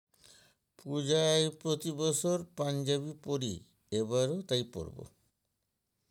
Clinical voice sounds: elicited speech; Bengali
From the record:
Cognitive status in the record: dementia

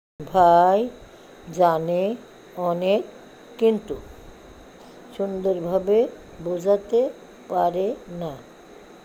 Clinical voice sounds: elicited speech; Bengali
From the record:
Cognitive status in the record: dementia

